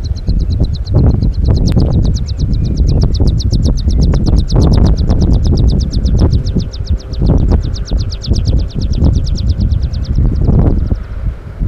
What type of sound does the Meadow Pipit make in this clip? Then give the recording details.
song. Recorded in the wild. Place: Stolberg, Nordrhein-Westfalen, DE. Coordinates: 50.74, 6.24. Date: 1985-06-28. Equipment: Sony WM-D6C, Big Ear. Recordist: Skiba, Reinald. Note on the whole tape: Breinigerberg